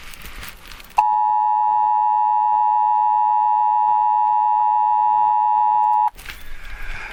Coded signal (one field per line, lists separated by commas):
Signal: Emergency Alert System (SAME) tones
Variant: 853 and 960 Hz attention tone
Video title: " The Chat " ( 06.27.2025 ) Discussing The Emergency Alert System